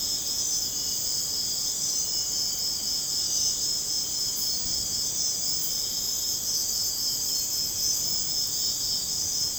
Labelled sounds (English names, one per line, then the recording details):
none
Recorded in secondary vegetation near Puerto Asís, Putumayo, Colombia, on 21 March 2025 at 03:00
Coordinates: 0.485, -76.322
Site G040